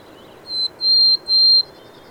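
Bird song: three clear, high, steady whistled notes, the first the shortest, over faint background hiss.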